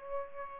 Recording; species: mosquito wingbeat signal from an infrared sensor; Aedes aegypti